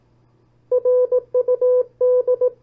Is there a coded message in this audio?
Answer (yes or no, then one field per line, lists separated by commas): yes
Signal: Morse code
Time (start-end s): 0.7-2.5 s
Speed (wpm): 18 wpm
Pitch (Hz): 500 Hz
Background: none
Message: RUD